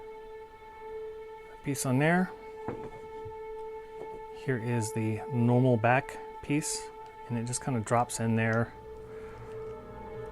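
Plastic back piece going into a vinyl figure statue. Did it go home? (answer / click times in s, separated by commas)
no / none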